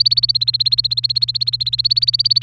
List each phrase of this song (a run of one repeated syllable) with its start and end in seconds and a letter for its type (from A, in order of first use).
0.00-2.43 A